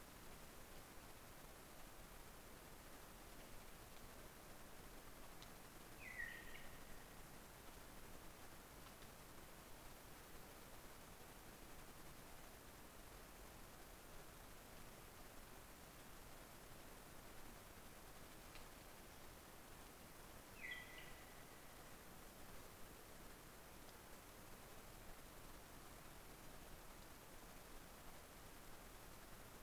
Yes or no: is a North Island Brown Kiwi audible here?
no